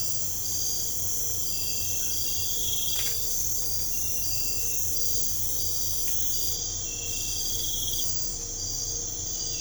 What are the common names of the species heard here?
none